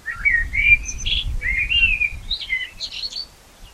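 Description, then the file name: Common blackbird giving a flowing fluted song phrase of slurred whistles, closing with high squeaky notes, over a low rumbling background. "Turdus merula"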